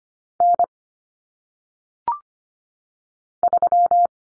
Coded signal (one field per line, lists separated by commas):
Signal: Morse code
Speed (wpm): 25 wpm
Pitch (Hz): 700 Hz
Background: none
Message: N 3